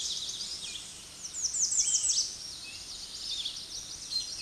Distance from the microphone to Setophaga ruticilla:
about 20 m